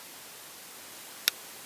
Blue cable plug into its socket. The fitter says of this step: make sure it clicks